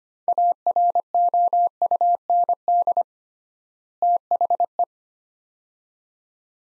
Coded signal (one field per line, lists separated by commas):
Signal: Morse code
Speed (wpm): 25 wpm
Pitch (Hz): 700 Hz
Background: none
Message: AROUND THE